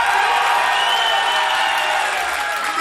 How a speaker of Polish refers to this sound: naróbcie cholernego wrzasku, Mr. Popcorn!